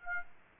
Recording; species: mosquito wingbeat signal from an infrared sensor; Aedes aegypti